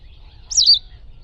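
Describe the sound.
A bird's single high chirp, quick and warbled, dipping in pitch at the end, with soft low background hum.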